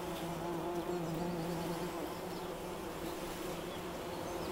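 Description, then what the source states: Bumblebee humming, a low continuous drone, fairly soft but steady throughout with light background hiss. Bumblebee buzzing recorded in Wülfel, Hannover, Germany.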